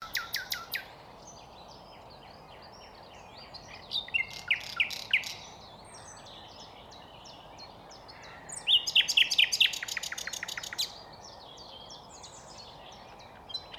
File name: Nightingale Song